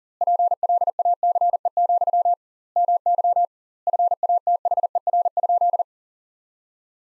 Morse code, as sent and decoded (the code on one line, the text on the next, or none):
.--. .-.. .- -.-. . --..-- / -- -.-- / ..-. .- - .... . .-. ..--..
PLACE, MY FATHER?